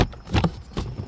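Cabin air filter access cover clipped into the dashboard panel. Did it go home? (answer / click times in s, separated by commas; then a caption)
yes / 0.4 s. The plastic cabin air filter access cover on a 2018–2021 Jeep Compass is pressed into the dashboard panel so its white clips go into their holes. Two sharp clicks are heard at about 0.4 s and 0.4 s, and the cover is seated.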